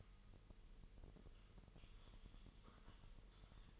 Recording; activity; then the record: daily activity, microphone in the room; typing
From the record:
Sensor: 4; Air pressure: 1002.9 hPa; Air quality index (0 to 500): 248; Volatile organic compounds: 19 ppm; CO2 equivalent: 2652 ppm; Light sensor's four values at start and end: 5/12/4/5 and 5/12/4/5